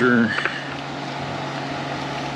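A small screen filter is handled next to a valve in a 440T4 (4T60) transmission while someone talks briefly at the start, followed by a steady broadband hum with faint tonal bands. Nothing has seated or clicked yet.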